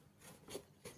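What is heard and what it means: A plastic corner connector is handled against the frame of a plastic wall cabinet, with a corner joint that is meant to be pressed firmly until it snaps and locks. Three short, broadband rubbing scrapes are heard, near 0.2–0.35 s, a louder one around 0.55 s, and a final one near 0.87 s. The joint has not seated or clicked yet.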